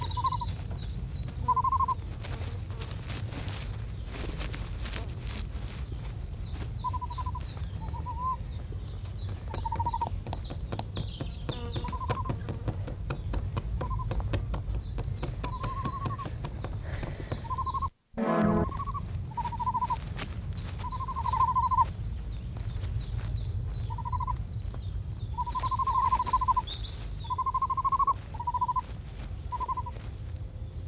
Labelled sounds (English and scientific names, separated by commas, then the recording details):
Great Bustard (Otis tarda) call
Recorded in captivity
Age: juvenile
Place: Serrahn, Mecklenburg-Vorpommern, DE
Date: 1970-06-26
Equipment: Nagra III BH, Sennheiser MD 421
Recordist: Schubert, Michael